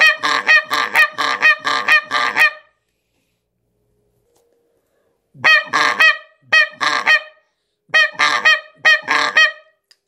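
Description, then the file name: Canada goose calls: a run of several rapid nasal honks, a long pause, then a few shorter clusters of honks. "канадская-казарка"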